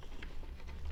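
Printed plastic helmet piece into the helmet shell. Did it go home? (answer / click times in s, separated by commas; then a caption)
no / none. A 3D printed plastic piece from a helmet kit is handled as it is slotted toward its mating part in the helmet shell, giving soft rustling and light scraping over a steady low hum. Nothing has seated or snapped into place yet.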